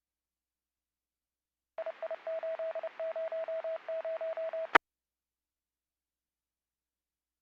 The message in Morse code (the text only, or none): II800E